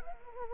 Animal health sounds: mosquito wingbeat signal from an infrared sensor; Anopheles arabiensis

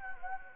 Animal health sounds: mosquito wingbeat signal from an infrared sensor; Anopheles gambiae

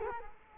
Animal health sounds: mosquito wingbeat signal from an infrared sensor; Culex quinquefasciatus

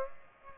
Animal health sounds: mosquito wingbeat signal from an infrared sensor; Aedes aegypti

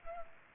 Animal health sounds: mosquito wingbeat signal from an infrared sensor; Culex pipiens

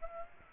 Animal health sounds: mosquito wingbeat signal from an infrared sensor; Aedes aegypti

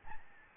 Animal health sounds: mosquito wingbeat signal from an infrared sensor; Aedes albopictus

